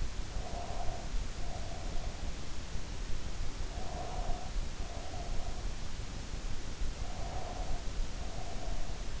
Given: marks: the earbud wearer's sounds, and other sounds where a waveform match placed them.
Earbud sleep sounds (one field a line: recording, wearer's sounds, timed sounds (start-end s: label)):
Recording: sounds in sleep by an in-ear microphone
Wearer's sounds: breath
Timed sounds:
0.00-2.43 s: breath
3.65-5.85 s: breath
6.81-9.12 s: breath